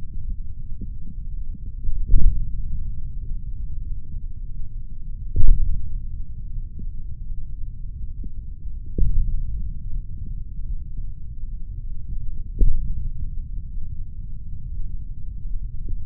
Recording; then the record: forearm muscle sounds (acoustic myography)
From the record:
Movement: hand opening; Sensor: system 3, bracelet of six PUI Audio POM-2738L microphones around the upper forearm, with dedicated amplification and filtering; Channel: 2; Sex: male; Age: 26 years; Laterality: right